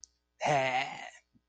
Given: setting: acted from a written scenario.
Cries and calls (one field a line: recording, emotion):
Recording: vocal sound without words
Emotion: realization